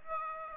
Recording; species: mosquito wingbeat signal from an infrared sensor; Aedes aegypti